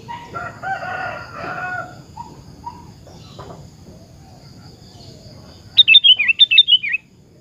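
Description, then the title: Sooty-headed bulbul song: soft chattering of other birds at first, then a loud burst of several rapid, descending chirps. "Kutilang"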